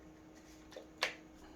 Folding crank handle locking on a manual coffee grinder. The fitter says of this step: it's got a lid and then it comes out like that and it kind of locks into place